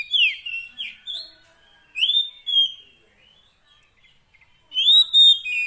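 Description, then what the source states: Oriental magpie-robin song: short clear whistled phrases with downslurs and upslurs, then a pause and a final sweet whistle. Long-duration fill-in (isian) song track meant to make the kacer sing energetically (gacor) day and night.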